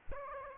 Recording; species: mosquito wingbeat signal from an infrared sensor; Aedes aegypti